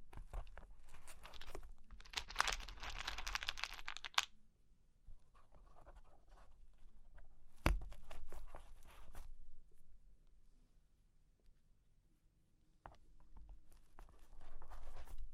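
Cork and wood are tapped, scratched and traced in uneven bursts. A dense, bright scratching run fills the first four seconds, then softer rubbing and a sharp knock near eight seconds, a quiet stretch, and renewed scraping from about thirteen seconds.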